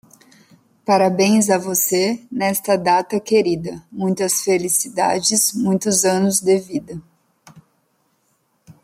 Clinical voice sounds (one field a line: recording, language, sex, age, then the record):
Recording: short text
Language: Brazilian Portuguese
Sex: female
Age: 20 to 29 years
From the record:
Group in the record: control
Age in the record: 24 years